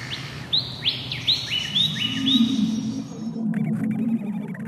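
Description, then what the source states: Lyrebird song: a quick series of upswept whistled notes over a low background hum. Ridge Track, Tacoma, Victoria; sent in by listener Di McKenzie.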